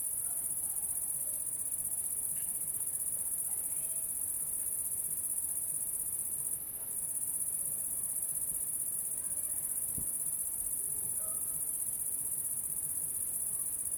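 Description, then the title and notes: Cricket song: a dense high-pitched trill that never stops, with a brief dip near the middle and a faint click later. Recorded at La Sablière, Saint-Privat-de-Champclos, France, with a Zoom H6 and M/S microphone. "30430 Saint-Privat-de-Champclos, France - cricket la sabliére. cricket la sabliére Captation : ZOOMH6 + M/S Microphone"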